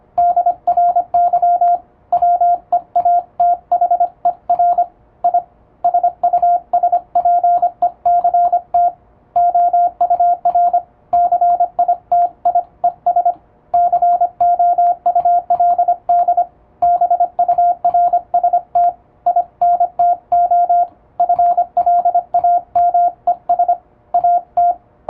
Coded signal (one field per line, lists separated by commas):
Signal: Morse code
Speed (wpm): 25 wpm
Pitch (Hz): 700 Hz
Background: radio noise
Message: DRY WEATHER I SUSPECT OUR CITIES COULD BURST INTO FLAMES AT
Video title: モールスを高速に打つには！？エレキーを使用するとモールス符号が高速で打てます！欧文モールス符号を打ってみました！YouTubeの再生速度を調整して聴いてみよう(morse code practice)